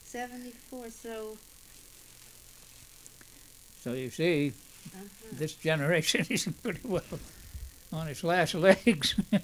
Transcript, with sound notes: seventy-four, so--
So you see this generation (starts laughing) is pretty well on its last legs.